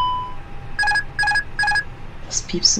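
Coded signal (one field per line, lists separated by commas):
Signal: none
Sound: aircraft cockpit chime beeps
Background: speech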